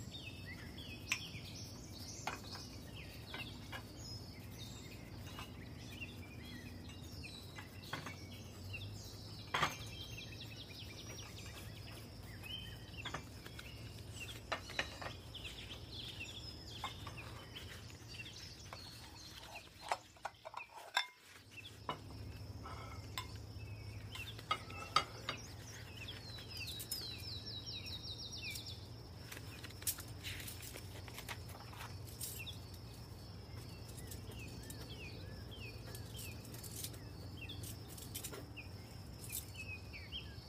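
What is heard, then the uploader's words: Summer kitchen sounds: a steady low hum under scattered clicks and clatters, a thin high whine throughout, with a brief hush near twenty seconds. Summer kitchen white noise has the sound of cooking and baking.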